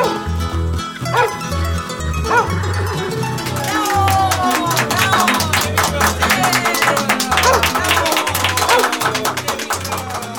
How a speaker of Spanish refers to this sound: Llegando a la hacienda de Paine, propiedad de su padre, un acaudalado señor de la zona, las dos mujeres bajaron del carruaje. Un grupo de trabajadores de la hacienda aplaude el regreso de la hermosa joven.